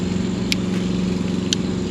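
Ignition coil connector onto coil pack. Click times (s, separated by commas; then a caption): 0.5 s, 1.5 s. Electrical connector clips are pushed down onto the new ignition coil packs on the engine of a tuned MK7 GTI, over a steady low hum. Two sharp, short clicks are heard at 0.5 s and 1.5 s as the connectors click in. The ignition coil connectors are seated.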